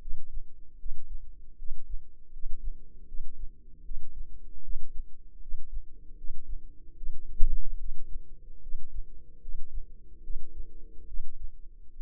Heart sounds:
heart sounds by microphone in the left ear; 75 bpm
0.76 s: heartbeat
1.56 s: heartbeat
2.30 s: heartbeat
3.05 s: heartbeat
3.82 s: heartbeat
4.61 s: heartbeat
5.39 s: heartbeat
6.15 s: heartbeat
6.94 s: heartbeat
7.76 s: heartbeat
8.60 s: heartbeat
9.39 s: heartbeat
10.21 s: heartbeat
11.05 s: heartbeat
11.92 s: heartbeat
From the record:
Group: healthy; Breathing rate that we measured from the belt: 17 breaths a minute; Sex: female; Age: 22 years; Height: 160 cm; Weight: 45 kg

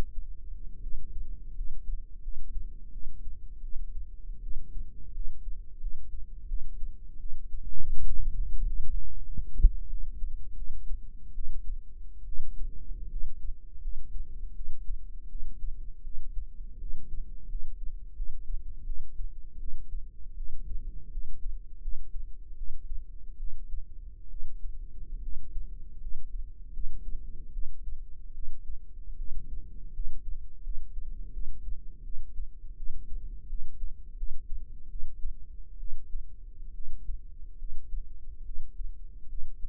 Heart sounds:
heart sounds by microphone in the right ear; 80 bpm
0.81 s: heartbeat
1.53 s: heartbeat
2.21 s: heartbeat
2.91 s: heartbeat
3.61 s: heartbeat
4.41 s: heartbeat
5.13 s: heartbeat
5.79 s: heartbeat
6.47 s: heartbeat
7.18 s: heartbeat
7.88 s: heartbeat
8.59 s: heartbeat
9.24 s: heartbeat
9.88 s: heartbeat
10.55 s: heartbeat
11.34 s: heartbeat
12.25 s: heartbeat
13.09 s: heartbeat
13.80 s: heartbeat
14.54 s: heartbeat
15.28 s: heartbeat
16.03 s: heartbeat
16.78 s: heartbeat
17.48 s: heartbeat
18.14 s: heartbeat
18.84 s: heartbeat
19.58 s: heartbeat
20.36 s: heartbeat
21.10 s: heartbeat
21.80 s: heartbeat
22.56 s: heartbeat
23.38 s: heartbeat
24.29 s: heartbeat
25.21 s: heartbeat
25.99 s: heartbeat
26.72 s: heartbeat
27.52 s: heartbeat
28.33 s: heartbeat
29.17 s: heartbeat
29.92 s: heartbeat
30.62 s: heartbeat
31.31 s: heartbeat
32.03 s: heartbeat
32.76 s: heartbeat
33.47 s: heartbeat
34.16 s: heartbeat
34.88 s: heartbeat
35.78 s: heartbeat
36.73 s: heartbeat
37.57 s: heartbeat
38.44 s: heartbeat
39.28 s: heartbeat
From the record:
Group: healthy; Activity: rest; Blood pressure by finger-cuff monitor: 103/67 mmHg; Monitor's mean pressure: 79 mmHg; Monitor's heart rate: 81 bpm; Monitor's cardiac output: 6.8 L/min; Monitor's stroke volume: 86 mL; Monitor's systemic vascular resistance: 830 dyn s/cm5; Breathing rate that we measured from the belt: 15 breaths a minute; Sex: female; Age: 22 years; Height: 157 cm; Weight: 47.6 kg

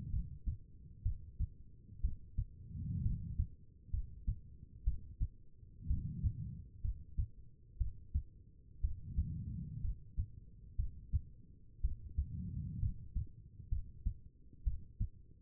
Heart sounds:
heart sounds by stethoscope; 62 bpm
0.10 s: heartbeat
1.03 s: heartbeat
2.01 s: heartbeat
3.02 s: heartbeat
3.91 s: heartbeat
4.84 s: heartbeat
5.87 s: heartbeat
6.82 s: heartbeat
7.78 s: heartbeat
8.81 s: heartbeat
9.81 s: heartbeat
10.76 s: heartbeat
11.81 s: heartbeat
12.80 s: heartbeat
13.69 s: heartbeat
14.64 s: heartbeat
From the record:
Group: healthy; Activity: rest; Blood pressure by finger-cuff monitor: 87/60 mmHg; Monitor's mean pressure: 69 mmHg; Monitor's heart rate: 61 bpm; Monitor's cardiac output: 4.4 L/min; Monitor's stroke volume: 72 mL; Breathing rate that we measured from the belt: 19 breaths a minute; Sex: female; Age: 36 years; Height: 163 cm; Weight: 88 kg

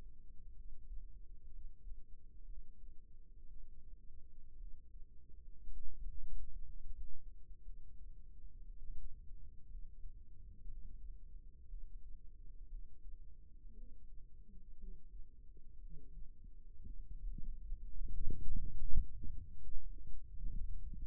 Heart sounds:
heart sounds by microphone in the right ear; 59 bpm
0.53 s: heartbeat
1.47 s: heartbeat
2.43 s: heartbeat
3.46 s: heartbeat
4.55 s: heartbeat
5.61 s: heartbeat
6.60 s: heartbeat
7.61 s: heartbeat
8.63 s: heartbeat
9.66 s: heartbeat
10.65 s: heartbeat
11.65 s: heartbeat
12.66 s: heartbeat
13.72 s: heartbeat
14.75 s: heartbeat
15.77 s: heartbeat
16.81 s: heartbeat
17.82 s: heartbeat
18.81 s: heartbeat
19.77 s: heartbeat
20.73 s: heartbeat
From the record:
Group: healthy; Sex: female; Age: 37 years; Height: 168 cm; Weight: 70 kg

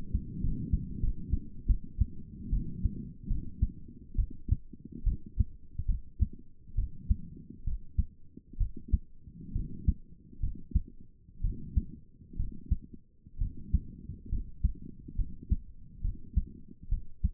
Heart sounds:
heart sounds by stethoscope; 69 bpm
0.41 s: heartbeat
1.00 s: heartbeat
1.66 s: heartbeat
2.50 s: heartbeat
3.27 s: heartbeat
4.15 s: heartbeat
5.03 s: heartbeat
5.86 s: heartbeat
6.75 s: heartbeat
7.64 s: heartbeat
8.57 s: heartbeat
9.52 s: heartbeat
10.40 s: heartbeat
11.41 s: heartbeat
12.36 s: heartbeat
13.38 s: heartbeat
14.29 s: heartbeat
15.16 s: heartbeat
16.01 s: heartbeat
16.89 s: heartbeat
From the record:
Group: healthy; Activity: rest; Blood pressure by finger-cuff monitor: 149/80 mmHg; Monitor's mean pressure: 110 mmHg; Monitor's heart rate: 68 bpm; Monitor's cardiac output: 7 L/min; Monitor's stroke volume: 104 mL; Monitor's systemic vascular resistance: 1120 dyn s/cm5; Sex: female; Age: 22 years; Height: 154 cm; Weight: 58.7 kg

